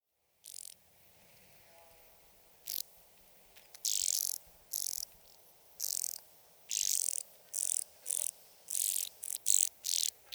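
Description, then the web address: Band-winged grasshopper stridulating: short, dry, rasping bursts, sparse at first and then repeated steadily about every half second. Recorded at Sissonne. "Sissonne Oedipode"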